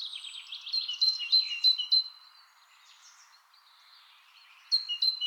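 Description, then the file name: Great tit calls, a jumble of high notes then a few sharp repeated two-part notes, a short quiet pause, and another brief burst. "Parus major"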